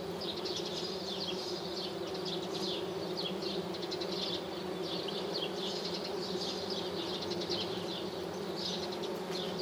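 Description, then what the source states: Bees, flies and hoverflies (mixed): a massed insect hum, thick and constant, from droning wingbeats. Thousands or millions of insects foraging on flowering lime trees, village square, Lesches-en-Diois, France, 1 July 2018, 6:55 am, no wind, 18-20 °C, after dawn chorus, two MKH 8020 microphones, Nagra Seven.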